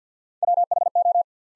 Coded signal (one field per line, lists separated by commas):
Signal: Morse code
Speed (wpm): 50 wpm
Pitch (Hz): 700 Hz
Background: none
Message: WHO